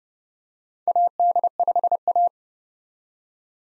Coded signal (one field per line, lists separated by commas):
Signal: Morse code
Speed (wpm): 30 wpm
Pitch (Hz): 700 Hz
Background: none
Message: AD5A